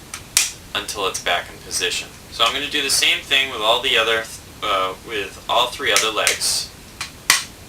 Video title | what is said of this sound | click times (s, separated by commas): PowetToys: Encore Sky Lynx | just move it until you hear the loud snap and then fold the foot down | 7.3 s